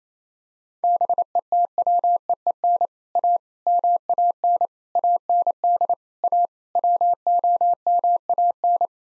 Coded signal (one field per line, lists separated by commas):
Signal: Morse code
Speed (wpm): 27 wpm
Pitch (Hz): 700 Hz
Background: none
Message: BETWEEN A MAN AND A WOMAN